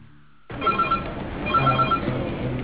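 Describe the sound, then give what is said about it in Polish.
A helpline telephone for children and young people rings in two short electronic bursts, each a quick warbling trill of high tones, over a low hum with no voices. “Telefon zaufania dla dzieci i młodzieży 116-111, słucham.”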